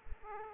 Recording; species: mosquito wingbeat signal from an infrared sensor; Aedes aegypti